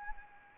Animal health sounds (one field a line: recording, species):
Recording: mosquito wingbeat signal from an infrared sensor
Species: Anopheles arabiensis